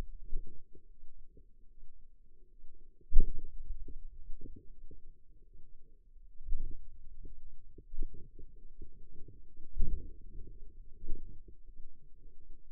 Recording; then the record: forearm muscle sounds (acoustic myography)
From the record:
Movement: hand opening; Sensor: system 2, bracelet of six BSWA MPA416 microphones around the upper forearm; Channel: 1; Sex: female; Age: 23 years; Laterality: right